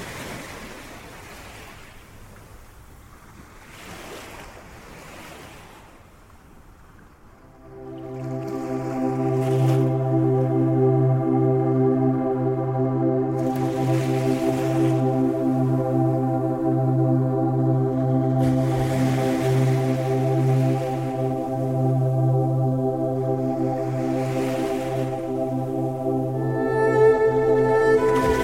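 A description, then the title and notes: Ocean waves wash in roughly every five seconds, and after about eight seconds a loud, steady engine drone joins and persists underneath. Wave Sounds - Nature Sounds. Ocean Waves.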